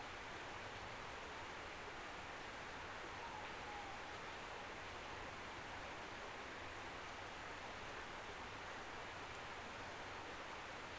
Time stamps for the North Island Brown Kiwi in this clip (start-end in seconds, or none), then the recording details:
none. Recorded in New Zealand on 17 November 2013. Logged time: 03:42. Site BS16